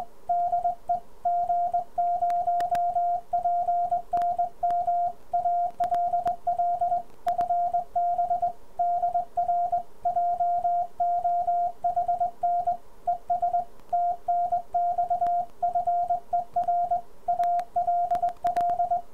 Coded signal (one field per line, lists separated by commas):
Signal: Morse code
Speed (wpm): 20 wpm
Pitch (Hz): 700 Hz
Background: radio noise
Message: DE G0PNM ALL FB DR JOHN ES TNX FER ALL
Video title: G0PNM's Keys #1 - The Begali Spark